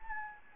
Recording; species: mosquito wingbeat signal from an infrared sensor; Anopheles gambiae